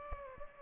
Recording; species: mosquito wingbeat signal from an infrared sensor; Aedes aegypti